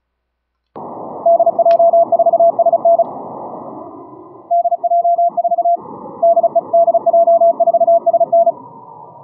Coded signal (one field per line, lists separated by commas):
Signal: Morse code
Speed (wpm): 32 wpm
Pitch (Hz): 680 Hz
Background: none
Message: DJ4SN DJ4 DE DJ4SN